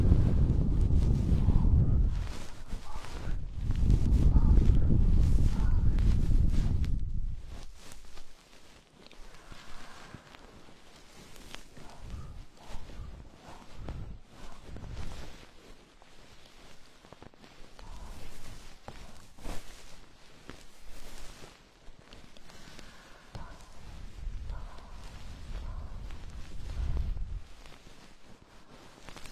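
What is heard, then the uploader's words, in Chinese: Ear cleaning with a goose-feather stick: heavy, muffled rubbing rumbles fill the first seven seconds in two long swells. After that the sound turns soft and scratchy, with quick brushing strokes and small clicks, and occasional low thumps return near the end. 鹅毛棒掏耳朵 轻语。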